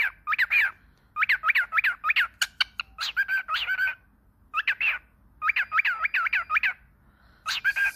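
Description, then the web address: Cockatiel chirping calls: bursts of quick rising-and-falling notes, several in a row, separated by short pauses, with a few sharper clicks between bursts. Lotino (lutino) cockatiel. "Voice lotino Cockatiel"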